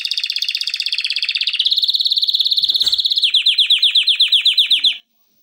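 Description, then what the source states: Canary song: a fast high rolling trill that flattens into a sustained buzzy roll, then breaks into quick descending repeated notes before stopping. Canary song intended for training.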